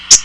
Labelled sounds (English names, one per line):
Common Yellowthroat flight call